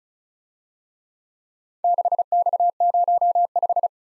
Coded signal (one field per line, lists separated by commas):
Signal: Morse code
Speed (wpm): 36 wpm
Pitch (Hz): 700 Hz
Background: none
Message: 6X05